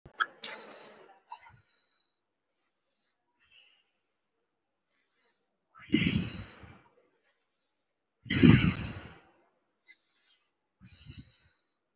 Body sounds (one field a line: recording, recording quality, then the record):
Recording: shallow breathing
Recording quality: excellent, no background noise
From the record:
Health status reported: respiratory illness, not identified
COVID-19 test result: negative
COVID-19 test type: RT-PCR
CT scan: taken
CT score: 0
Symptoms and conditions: another respiratory illness, another condition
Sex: male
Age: 20 years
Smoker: no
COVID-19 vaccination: one dose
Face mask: worn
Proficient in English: yes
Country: India